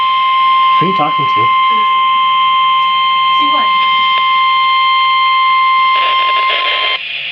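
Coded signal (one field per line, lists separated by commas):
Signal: Emergency Alert System (SAME) tones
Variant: 1050 Hz attention tone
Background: speech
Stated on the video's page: Severe thunderstorm warning alert received during a storm power outage.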